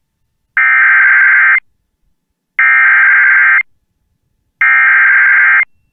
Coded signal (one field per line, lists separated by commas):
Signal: Emergency Alert System (SAME) tones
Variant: header bursts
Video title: EAS Mini-Timeline Late Week Wisconsin Severe Thunderstorms NOAA Weather Radio (NW To Cen Wisconsin)